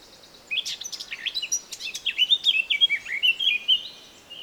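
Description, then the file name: Eurasian blackcap song: a hurried scratchy twitter that runs into clearer, fluty whistled notes, delivered as one continuous rapid phrase. "Sylvia atricapilla"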